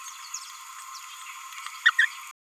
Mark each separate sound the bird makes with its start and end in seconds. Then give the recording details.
1.86-1.90, 1.99-2.06. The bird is a male. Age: 27 days. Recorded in a nest box in Venezuela. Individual 17B31A2